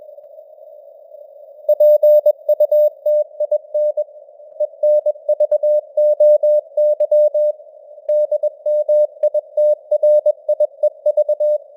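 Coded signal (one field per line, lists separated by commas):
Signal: Morse code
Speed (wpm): 21 wpm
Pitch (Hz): 600 Hz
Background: none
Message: PUTIN ENVOY DMITRIEV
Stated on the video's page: News headlines sent at 21 wpm with simulated radio noise and varying signal strength (QSB).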